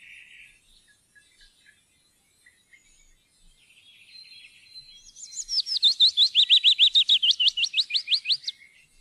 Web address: fuglelyder-1 loevsanger